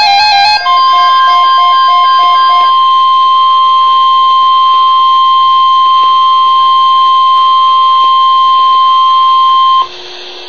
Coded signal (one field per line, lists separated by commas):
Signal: Emergency Alert System (SAME) tones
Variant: 1050 Hz attention tone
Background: music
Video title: EAS Alert #7-8 - 2014 Wisconsin Statewide Tornado Drill 4/24/14